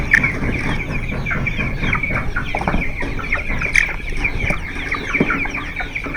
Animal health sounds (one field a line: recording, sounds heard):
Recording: poultry house recording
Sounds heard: background noise or bird activity such as feeding and pecking